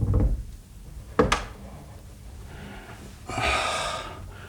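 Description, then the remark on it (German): The door to a mother's room swings shut with a single sharp thud, followed by a soft breathy rustle against a quiet, low rumbling background. “Komm, mach die Tür zum Zimmer deiner Mutter wieder zu.”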